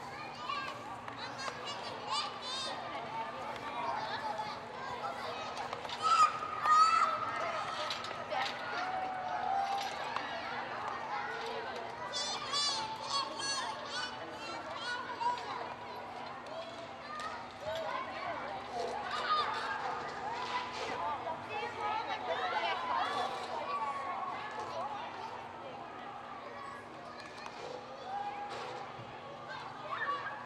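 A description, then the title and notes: Children chatter and call out on a playground, many voices overlapping into a steady, busy murmur with occasional bright shouts and squeals, one sharp cry near six seconds. A low constant hum runs underneath throughout. Children on the Playground Background Noise.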